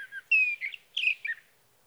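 Sage thrasher singing warbled phrases: a long clear whistled note sliding down into jumbled chirps, then a burst of mixed slurred notes.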